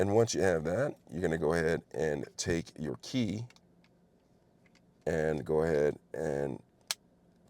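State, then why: Seated. Someone talks while the metal mechanical key blade of a Ford Mustang Mach E key fob is pushed back into its slot in the fob after a battery replacement, with a few faint ticks in the quiet pause. The blade latches with a single sharp click at 6.9 s, seating the key in place.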